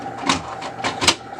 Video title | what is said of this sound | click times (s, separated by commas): Brother HL-5050 (DR500) - Onyx Imaging - OKC Printer Repair - Drum Reset | We're going to reinstall our toner into our new drum and feel it click into place. | 1.1 s